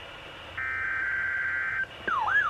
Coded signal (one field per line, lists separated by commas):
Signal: Emergency Alert System (SAME) tones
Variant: header bursts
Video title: NOAA Weather Radio Weekly Tests (EAS #1976-1984)